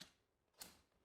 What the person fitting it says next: You're going to pop up each step. You can hear that click so that you know everything is secure.